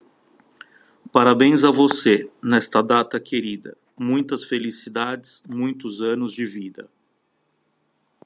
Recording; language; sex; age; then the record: short text; Brazilian Portuguese; male; 30 to 39 years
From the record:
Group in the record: control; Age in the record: 31 years